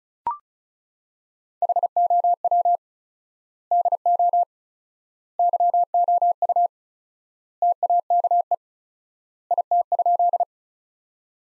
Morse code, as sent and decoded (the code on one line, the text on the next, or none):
.... --- .-- / -.. --- / -.-- --- ..- / - .- -.- . / .. - ..--..
HOW DO YOU TAKE IT?